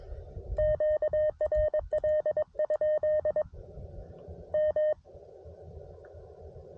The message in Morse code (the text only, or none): QRL? M